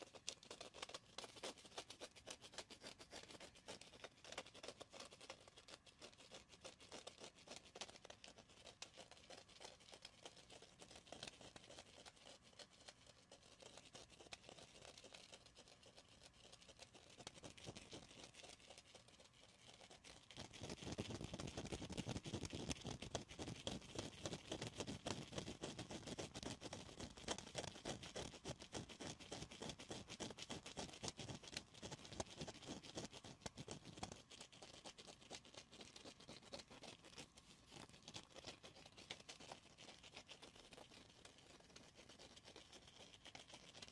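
Dense tapping and scratching runs for the whole stretch as a constant, rapid rustle of small strokes with a bright edge. From about 20 to 34 seconds it grows louder and rougher, with a deeper rubbing underneath, then settles back to the lighter scratching.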